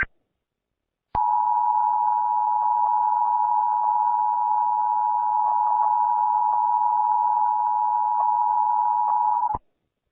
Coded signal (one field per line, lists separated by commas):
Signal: Emergency Alert System (SAME) tones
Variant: 853 and 960 Hz attention tone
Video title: DirecTV LA EAS 2011 national test override (RECRATION)